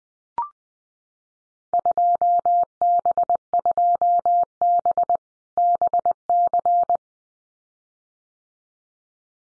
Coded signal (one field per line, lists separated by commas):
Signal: Morse code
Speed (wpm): 20 wpm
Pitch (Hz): 700 Hz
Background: none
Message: 2B2B BC